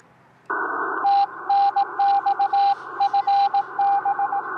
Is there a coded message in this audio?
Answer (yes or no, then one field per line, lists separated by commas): yes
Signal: Morse code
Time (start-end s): 1.0-4.4 s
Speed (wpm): 18 wpm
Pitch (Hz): 800 Hz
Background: radio noise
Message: TNX FB